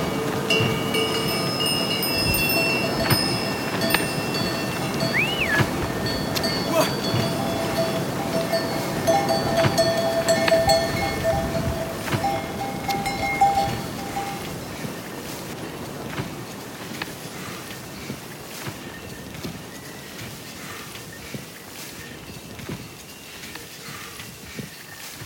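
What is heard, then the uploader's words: Outdoors, bells clink and jingle repeatedly from a passing yak train, with whistles and voices, the clatter fading steadily after fifteen seconds. Lobuche To Everest Base Camp. This audio composition features outdoor sounds, including walking, breathing, ambient sounds and crossing paths with a ‘Yak train’ carrying goods, with local whistles and utterances.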